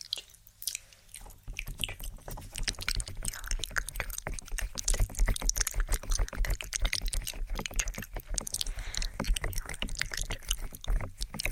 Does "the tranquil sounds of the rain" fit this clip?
no